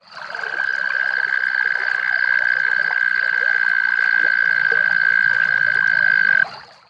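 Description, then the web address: Arroyo toad giving a long, steady high trill that holds an even pitch for about six seconds before stopping abruptly. "Park Sounds Arroyo Toad - bcalifornicus. credit to Gary Nafis"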